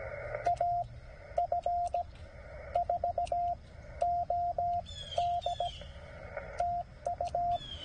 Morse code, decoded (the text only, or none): AF4OD TU